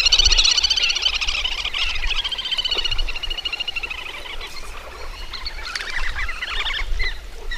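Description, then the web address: Little grebe giving a fast, shrill whinnying trill that starts loud then fades and wavers, with further trilling bursts toward the end. "agykontroll Madardalok Cd 3. Kis vöcsök"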